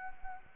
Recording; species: mosquito wingbeat signal from an infrared sensor; Anopheles arabiensis